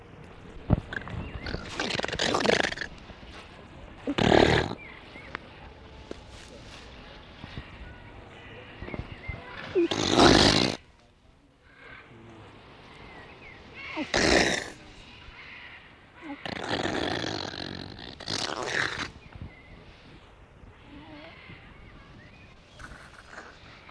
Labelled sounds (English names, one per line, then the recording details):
Grey Seal
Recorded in captivity
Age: juvenile
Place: Zoo Rostock, Mecklenburg-Vorpommern, DE
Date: 1966-05-24 14:30
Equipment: Uher 4200 Report Monitor, Sennheiser MD 421, Transistorverstärker 2
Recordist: Tembrock, Günter
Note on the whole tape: Jungtier: Laute während der Pfleger "am Bauch krault". Im Zoo am 29.1.1966 geborenen und anfangs von der Mutter aufgezogen. Abstand ca. 50 cm. Aufnahmen zwichen 14.30 und 16.00 Uhr